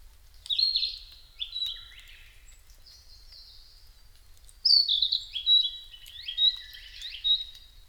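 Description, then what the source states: Narcissus flycatcher singing short clear whistled phrases, high and varied with rising and falling slurs, in two bursts separated by a short pause. Recorded on 5 May 2008 at 07:22.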